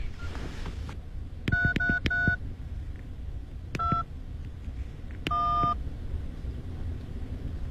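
A series of electronic telephone keypad tones as a phone number is dialed to call a police officer: a quick cluster of four beeps, a single beep, then a longer held tone, over a low background rumble.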